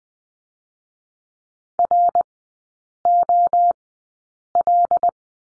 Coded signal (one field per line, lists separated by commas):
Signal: Morse code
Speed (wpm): 20 wpm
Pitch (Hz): 700 Hz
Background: none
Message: ROL